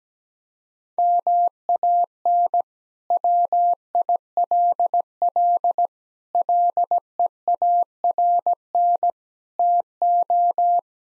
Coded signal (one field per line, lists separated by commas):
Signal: Morse code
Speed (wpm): 17 wpm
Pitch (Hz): 700 Hz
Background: none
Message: MAN WILL LEARN TO